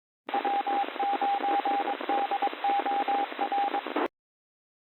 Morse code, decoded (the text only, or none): W9DOR